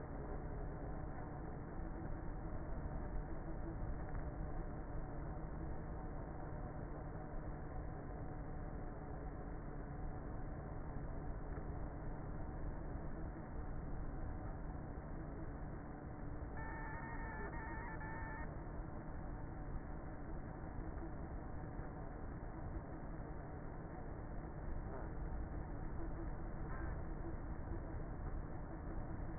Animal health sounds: honeybee colony, microphone inside the hive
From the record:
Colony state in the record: queenless with a low population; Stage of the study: before two queens were removed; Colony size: about 30,000 bees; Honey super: no

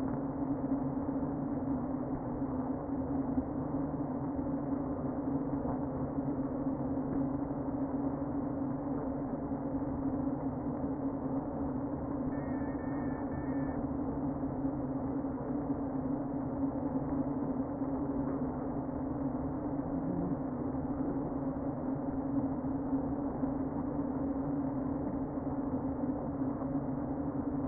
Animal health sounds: honeybee colony, microphone inside the hive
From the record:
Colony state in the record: queen present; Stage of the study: before two queens were removed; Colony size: about 60,000 bees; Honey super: yes

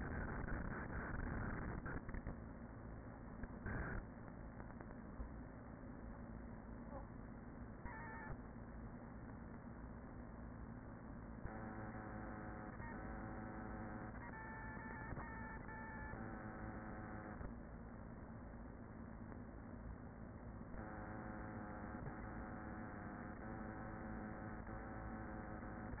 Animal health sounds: honeybee colony, microphone inside the hive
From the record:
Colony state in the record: queen present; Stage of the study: after two queens were removed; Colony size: about 40,000 bees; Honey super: no

